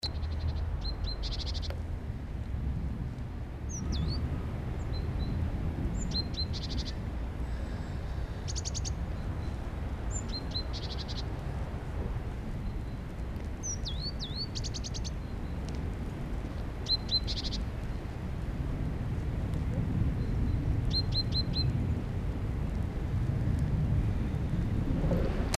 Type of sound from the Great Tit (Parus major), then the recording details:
call. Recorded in the wild. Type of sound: call. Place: Garmisch-Partenkirchen, Bayern, DE. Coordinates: 47.4964, 11.1297. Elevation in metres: 972. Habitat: mountains. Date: 1980-03-29. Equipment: Uher 4000 Report, Sennheiser MKH 815 T. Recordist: Tretzel, Erwin. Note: halber Aufgang zur Eckenhütte auf freier Fläche mit Blick auf Garmisch-Partenkirchen: Rufe "zi pink dädädädä"